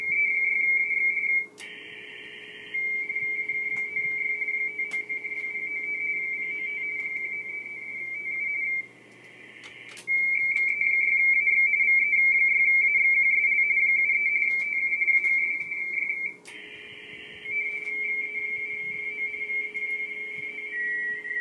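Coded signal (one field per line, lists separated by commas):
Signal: RTTY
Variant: 45 baud RTTY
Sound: rapid warbling two-tone chatter around 2 kHz, with short breaks between transmissions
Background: radio static, low hum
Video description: AK5Y Working the BARTG HF RTTY CONTEST 2013-10-80 METERS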